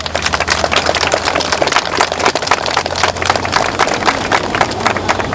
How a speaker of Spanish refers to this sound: Un voto de aplausos para la hermana.